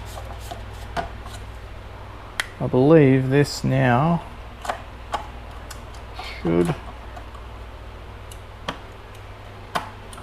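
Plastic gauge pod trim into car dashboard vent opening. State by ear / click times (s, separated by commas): partly seated / 8.7 s, 9.8 s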